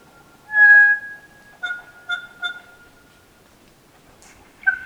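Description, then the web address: Kokako song: a loud held mellow note followed by three short pulsed notes and a final clipped note. "sound kōkako. صدای-پرنده-کوکاکو"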